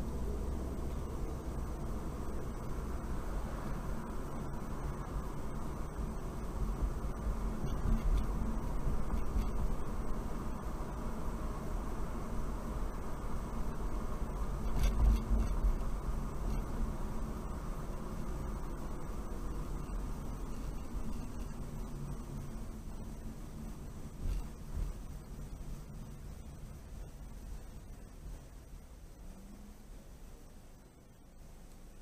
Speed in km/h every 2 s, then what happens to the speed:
31, 39, 39, 42, 44, 44, 44, 42, 40, 37, 27, 23, 16, 13, 6, 0.
0-3 speeds up to 39. 3-13 steady at about 44. 13-29 slows to 0. 29-32 standing.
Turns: none.